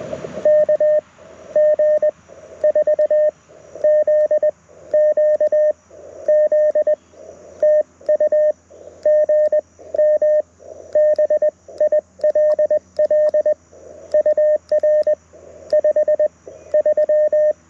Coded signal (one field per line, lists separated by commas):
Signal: Morse code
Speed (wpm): 20 wpm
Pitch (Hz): 590 Hz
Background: radio noise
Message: KG4ZQZ TU GM BILL UR 53